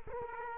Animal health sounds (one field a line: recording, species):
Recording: mosquito wingbeat signal from an infrared sensor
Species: Culex quinquefasciatus